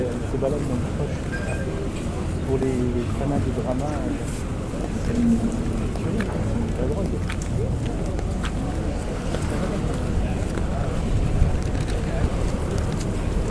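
A sound walk in Cadaqués: a steady murmur of many overlapping voices fills the whole stretch, with no single speaker standing out. A low rumble runs underneath, and brief clinks and knocks break through now and then, one sharper tap near the end.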